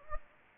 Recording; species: mosquito wingbeat signal from an infrared sensor; Anopheles gambiae